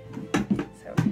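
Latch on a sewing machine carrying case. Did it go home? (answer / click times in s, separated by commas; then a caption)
no / none. Someone handles the latch on the carrying case of a vintage sewing machine, producing several knocks at about 0.3, 0.6 and 1.0 seconds with a fainter one near 1.2 seconds. The latch fails to catch, and nothing has clicked into place.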